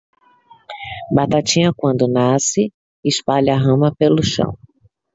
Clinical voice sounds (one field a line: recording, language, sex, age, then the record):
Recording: short text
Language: Brazilian Portuguese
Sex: female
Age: 40 to 49 years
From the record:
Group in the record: control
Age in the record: 41 years